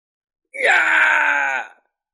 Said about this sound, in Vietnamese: Một tiếng thét hoảng sợ thảm thiết vang lên. Thánh nhân của Tử Lâm Vương căn bản là không đủ sức chống cự, bị kim quang áp xuống, liền ngay lập tức biến thành tro tàn.